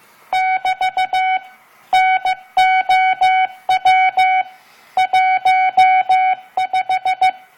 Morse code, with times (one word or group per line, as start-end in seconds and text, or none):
0.3-1.4 <BT>
1.9-4.4 NOW
5.0-7.3 15